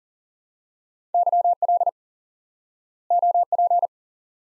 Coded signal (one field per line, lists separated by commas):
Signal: Morse code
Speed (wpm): 40 wpm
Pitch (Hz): 700 Hz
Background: none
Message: YL OP